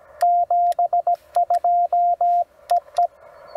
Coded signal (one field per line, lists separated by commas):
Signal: Morse code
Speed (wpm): 18 wpm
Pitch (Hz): 700 Hz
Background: radio noise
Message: 72EE